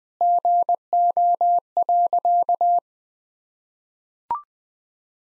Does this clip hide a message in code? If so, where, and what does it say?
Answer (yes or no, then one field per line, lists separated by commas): yes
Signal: Morse code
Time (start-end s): 0.2-2.8 s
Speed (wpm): 20 wpm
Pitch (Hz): 700 Hz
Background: none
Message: GO.